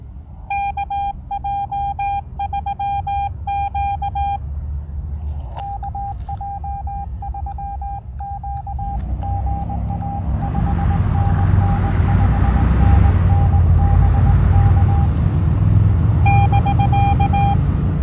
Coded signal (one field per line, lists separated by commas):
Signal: Morse code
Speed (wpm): 20 wpm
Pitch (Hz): 800 Hz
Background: none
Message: KJ3Q KJ3Q GA 5NN 5NN BK <BK>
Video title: POTA Activation with Xiegu X6200 – Is the Keyer Issue Fixed in Firmware v1.0.1?